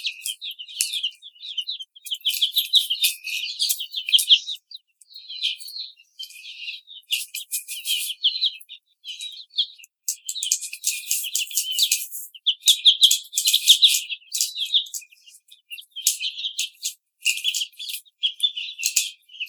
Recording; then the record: young laying hens in a cage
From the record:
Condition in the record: treatment cage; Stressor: simulated dog barking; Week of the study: 5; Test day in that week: 1